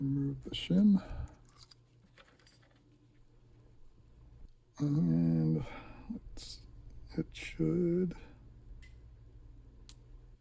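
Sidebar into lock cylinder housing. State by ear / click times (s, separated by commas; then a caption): seated / 9.9 s. Someone talks while a reassembled ASSA Twin lock cylinder is pushed home into its housing and the shim is removed, with faint small metallic ticks around 1.5–2.5 seconds. At 9.9 seconds a single sharp tick sounds as the metal sidebar springs out and pops into place in its slot, and the key is confirmed to work.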